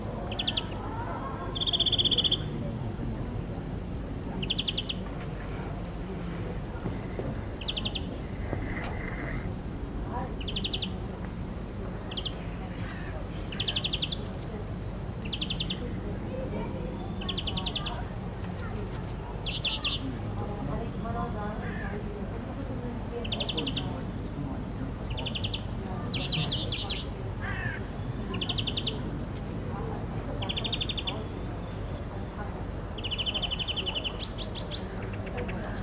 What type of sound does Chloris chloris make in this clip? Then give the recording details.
song. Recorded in the wild. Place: Lübars, Berlin, DE. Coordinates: 52.6167, 13.35. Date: 2004-06-27 20:55. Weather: overcast, 22°C. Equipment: Sony WM-D6C, Sennheiser ME 80, Kopie Uher 4000 Report Monitor. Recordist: Tembrock, Günter. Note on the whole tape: Gesang (längere Strecke, zusammenhängend) mit interessanten Varianten